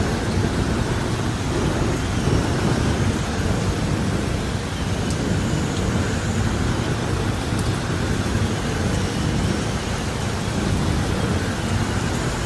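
Steady rain patters without a break while a deep, continuous rumble fills the low end, with faint thin clicks near five and eight seconds.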